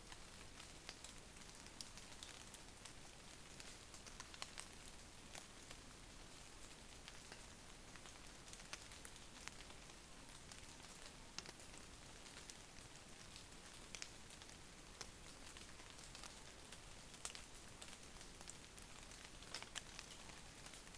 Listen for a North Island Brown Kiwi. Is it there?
no